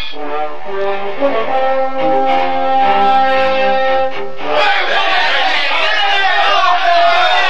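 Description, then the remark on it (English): A large crowd gathered at a train station in Denver as a train pulls in, loud and steady throughout: many overlapping voices blend into a tonal swell, then about halfway through shift into a busier, brighter mix of chatter and cheering. “Would you look at that crowd?”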